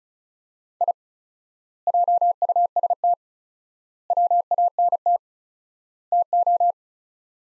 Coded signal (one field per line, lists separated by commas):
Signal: Morse code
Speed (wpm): 34 wpm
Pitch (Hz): 700 Hz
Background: none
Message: I JUST WANT TO